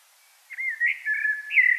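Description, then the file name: Common blackbird singing a brief run of soft, fluted, warbling notes that rises into a brighter, higher whistle as the sound stops. "Turdus merula"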